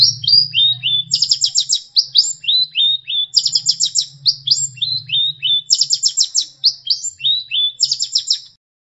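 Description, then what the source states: Long-tailed shrike song, a looping phrase of quick downward-slurred whistles followed by a very high buzzy burst, repeated several times, with a low hum beneath. Master song for training songbirds.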